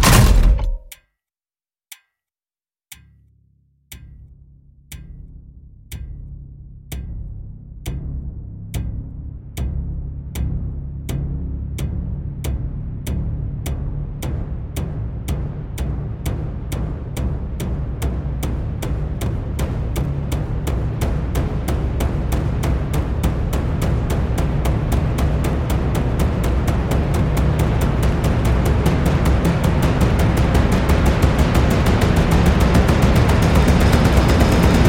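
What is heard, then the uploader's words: Sparse mechanical ticks speed up steadily into a dense, rumbling roll of low timpani hits that grows louder and nearly continuous by the end. Complex Riser Execution Clock is a ticking mechanical sounds morph into gradually accelerating timpani hits.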